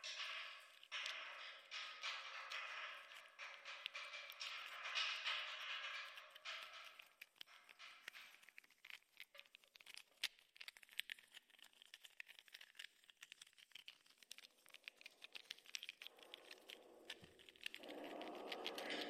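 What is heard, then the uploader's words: Wrapping is peeled off a sculpture with dense, crackling rustles that fill the first seven seconds. After that the handling turns sparser, with scattered crinkles and small clicks. Near the end a lower, smoother rustle swells from about sixteen seconds. Binaural recording. With a sculpture by Emmerich Weissenberger, commissioned by Martin Essl. Unwrapping of the sculpture.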